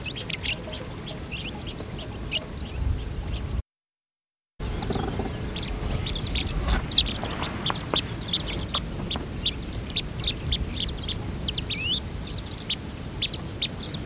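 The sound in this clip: Fischer's sparrow-lark calls, a busy stream of brief high chirps and sharp notes, with a short break of silence early on and light background hiss.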